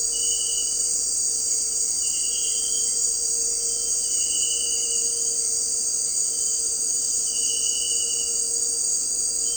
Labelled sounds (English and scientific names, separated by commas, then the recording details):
none
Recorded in dense forest near Puerto Asís, Putumayo, Colombia, on 4 March 2025 at 18:00
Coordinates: 0.467, -76.328
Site G041